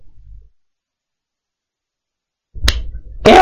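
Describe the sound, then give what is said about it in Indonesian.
After a long stretch of silence, a sharp hand clap rings out over low thumping, followed shortly by a louder burst of clapping noise, a demonstration of clapping hands along with moving and stamping feet. No one speaks. “sambil tepuk tangan, wa'iqa'in birijlaih, dengan gerakan kaki, hentakan kaki”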